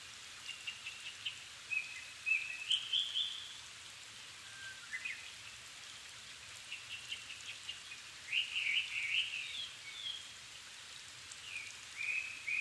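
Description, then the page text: Japanese thrush song: short whistled and warbled phrases delivered in bursts with pauses, some rising, over a steady hiss of background noise. Recorded 7 May 2011 at 17:59, altitude 270 m, with a Sony PCM-D50 recorder. "kurotugumi 20110507-1759. Turdus cardis"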